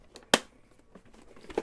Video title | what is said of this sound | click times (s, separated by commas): Black Series Boba Fett Helmet Unboxed | snaps back in like that | 0.3 s